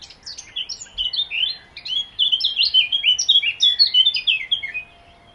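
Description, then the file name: Eurasian blackcap song, a steady flow of quick, varied warbling notes that grows louder partway through. "Sylvia atricapilla"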